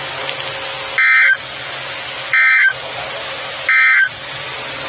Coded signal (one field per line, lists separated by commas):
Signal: Emergency Alert System (SAME) tones